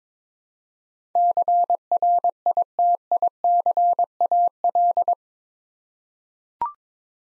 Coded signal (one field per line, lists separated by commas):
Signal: Morse code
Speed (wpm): 22 wpm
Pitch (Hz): 700 Hz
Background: none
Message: CRITICAL